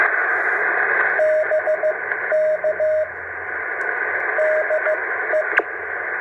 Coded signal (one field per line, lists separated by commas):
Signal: Morse code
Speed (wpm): 14 wpm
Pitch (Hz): 620 Hz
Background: radio noise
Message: BK DE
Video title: Morse Code K-6934 #3